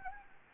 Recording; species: mosquito wingbeat signal from an infrared sensor; Anopheles gambiae